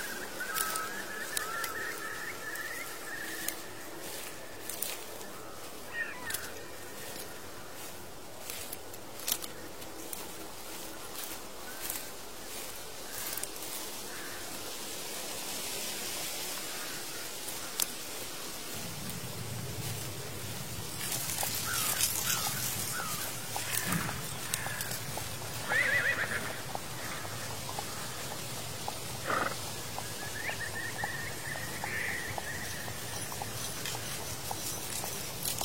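Horse hooves clop at a steady walking pace on an old road while distant birds call, and a low rumble with rustling leaves enters midway.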